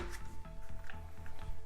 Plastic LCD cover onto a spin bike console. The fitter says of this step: all right and now we just need to finish up the look with the cover for the lcd this snaps right into place